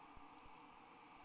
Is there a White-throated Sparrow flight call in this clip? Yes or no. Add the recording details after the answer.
no. No flight call is heard. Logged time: 21:29 on 29 November 2014